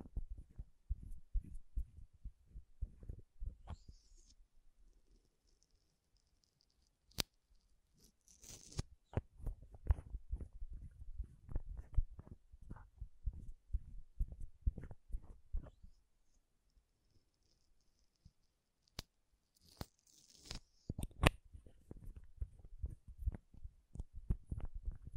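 Makeup tapping and scratching comes as dense runs of soft, low taps with light scratchy texture, pausing briefly around 4, 15 and 19 seconds. Sharp clicks stand out near 7, 9, 19 and 21 seconds, and a faint high whistle-like hiss appears with them.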